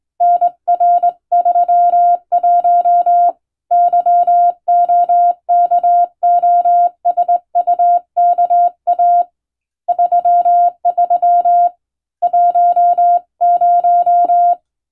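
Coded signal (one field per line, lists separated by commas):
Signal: Morse code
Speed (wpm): 20 wpm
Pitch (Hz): 700 Hz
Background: none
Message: NR31 YOKOSUKA 33 10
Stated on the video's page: Hand-keyed Morse sent on a straight key by a first-class radiotelegraph operator for receiving practice, using a telegram sending practice book; recreates ship-to-shore coast station traffic.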